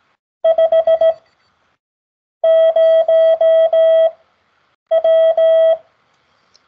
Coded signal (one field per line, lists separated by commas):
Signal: Morse code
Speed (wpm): 17 wpm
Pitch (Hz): 650 Hz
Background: none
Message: 50W